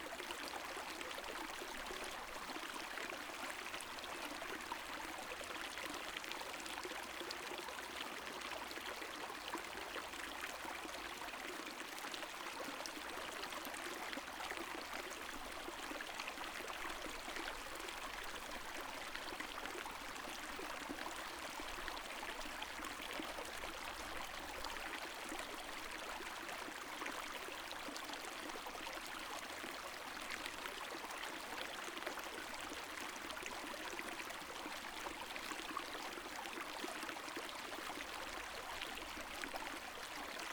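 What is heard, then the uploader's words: Dupuyer Creek flows in a steady, dense rush of water, its sound spread through the middle and upper range with little low rumble. Fine trickling and splashing detail flickers throughout, but the overall level stays even for the whole forty seconds, with no distinct events. Begins with the sound of Dupuyer Creek.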